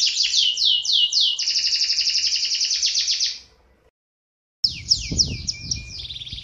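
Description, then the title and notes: Canary song of rapid swept trills that fades to a brief silence, then resumes with more falling notes over a low rumble. Master canary song (kenari masteran), described as solid (mantap). "Suara Burung Kenari Masteran. master suara burung kenari mantap"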